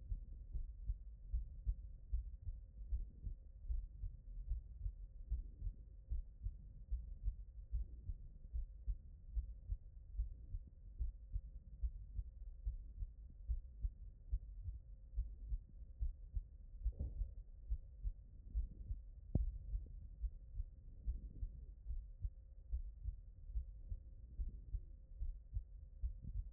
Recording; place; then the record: heart sounds by stethoscope; tricuspid valve (TV)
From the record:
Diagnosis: HFrEF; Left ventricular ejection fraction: 37%